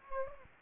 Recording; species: mosquito wingbeat signal from an infrared sensor; Aedes aegypti